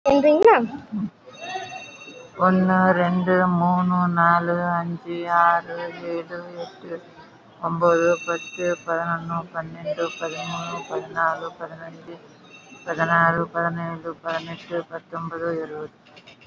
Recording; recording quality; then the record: counting at a fast pace; excellent, no background noise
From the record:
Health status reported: COVID-19 positive, moderate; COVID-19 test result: positive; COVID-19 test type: RT-PCR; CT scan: taken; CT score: 5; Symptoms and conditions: cough, cold, breathing difficulty, sore throat, fatigue, muscle pain, loss of smell and taste, asthma, hypertension, diabetes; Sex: female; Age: 69 years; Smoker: no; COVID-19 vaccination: one dose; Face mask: worn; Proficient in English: yes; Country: India